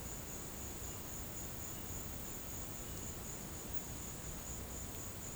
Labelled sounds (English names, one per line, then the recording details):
none
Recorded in pastures near Puerto Asís, Putumayo, Colombia, on 12 March 2025 at 15:00
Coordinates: 0.472, -76.329
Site G074